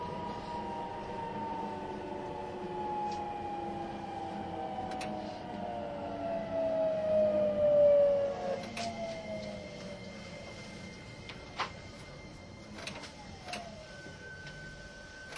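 A train running, with a low steady rumble underneath and a whining tone that slowly falls in pitch, swelling loudest around seven to eight seconds. After that the whine drops away and a few sharp clicks and clunks come at irregular moments.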